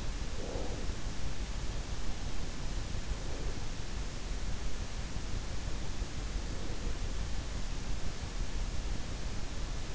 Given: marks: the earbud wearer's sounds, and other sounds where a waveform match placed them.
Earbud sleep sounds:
sounds in sleep by an in-ear microphone; breath
0.00-1.25 s: breath

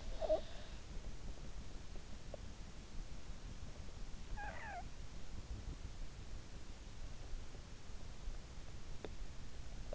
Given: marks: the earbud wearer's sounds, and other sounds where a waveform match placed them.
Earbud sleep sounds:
sounds in sleep by an in-ear microphone; snoring breath
0.00-0.80 s: snoring breath

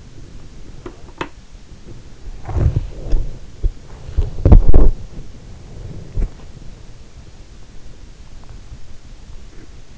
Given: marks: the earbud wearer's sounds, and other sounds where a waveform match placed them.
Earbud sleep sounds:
sounds in sleep by an in-ear microphone; body movement
0.00-7.38 s: body movement

